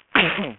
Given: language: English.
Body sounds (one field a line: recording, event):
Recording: throat vibration sensor signal played as sound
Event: cough